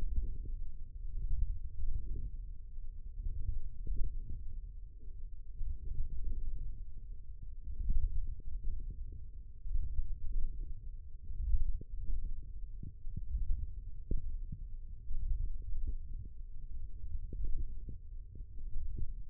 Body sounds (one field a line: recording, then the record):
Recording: forearm muscle sounds (acoustic myography)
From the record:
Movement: radial deviation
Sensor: system 1, eight BSWA MPA416 microphones around the upper forearm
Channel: 3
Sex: male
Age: 20 years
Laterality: left